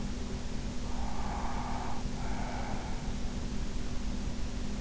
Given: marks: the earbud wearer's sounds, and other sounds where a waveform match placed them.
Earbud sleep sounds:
sounds in sleep by an in-ear microphone; breath
0.94-3.11 s: breath

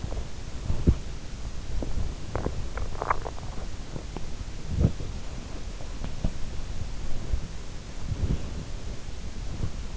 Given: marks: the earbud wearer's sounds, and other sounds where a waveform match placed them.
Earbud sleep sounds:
sounds in sleep by an in-ear microphone; body movement, swallowing
0.00-5.19 s: body movement
2.25-3.37 s: swallowing
5.84-9.74 s: body movement

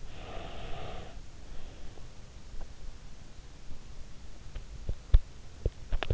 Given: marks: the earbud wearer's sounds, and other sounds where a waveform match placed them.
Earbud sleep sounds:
sounds in sleep by an in-ear microphone; breath, teeth grinding
0.00-2.02 s: breath
5.11-5.37 s: teeth grinding
5.96-6.14 s: teeth grinding

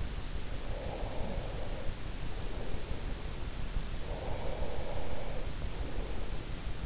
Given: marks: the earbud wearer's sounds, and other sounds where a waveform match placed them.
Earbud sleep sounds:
sounds in sleep by an in-ear microphone; breath
0.48-3.20 s: breath
3.97-6.82 s: breath

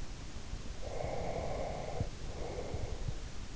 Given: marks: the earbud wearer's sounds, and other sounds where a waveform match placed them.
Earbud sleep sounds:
sounds in sleep by an in-ear microphone; breath
0.78-3.17 s: breath

